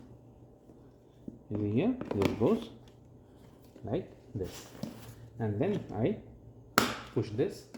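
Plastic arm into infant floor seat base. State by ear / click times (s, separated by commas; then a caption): seated / 6.8 s. A plastic arm of a Fisher-Price Sit Me Up infant floor seat is pushed into its socket on the base while someone talks. It seats with a sharp snap at 6.8 s.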